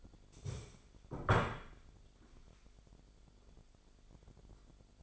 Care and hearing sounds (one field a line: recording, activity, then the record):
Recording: daily activity, microphone in the room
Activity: stand up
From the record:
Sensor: 5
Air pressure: 1008.0 hPa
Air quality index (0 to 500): 154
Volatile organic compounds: 3 ppm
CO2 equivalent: 1480 ppm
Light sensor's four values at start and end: 57/161/62/62 and 57/161/62/62